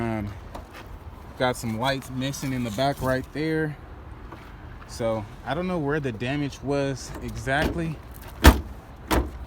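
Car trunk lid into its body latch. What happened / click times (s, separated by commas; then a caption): A car trunk lid is slammed but does not latch / none. Someone talks near a damaged car at an auction lot, then closes its trunk lid into its body latch with a loud thud at about 8.5 s, followed by a weaker knock around 9.3 s. The trunk lid fails to latch, and nothing has seated or clicked yet.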